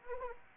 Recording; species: mosquito wingbeat signal from an infrared sensor; Anopheles arabiensis